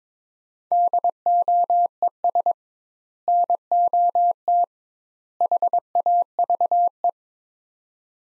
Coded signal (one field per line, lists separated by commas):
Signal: Morse code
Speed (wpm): 22 wpm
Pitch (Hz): 700 Hz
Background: none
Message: DOES NOT HAVE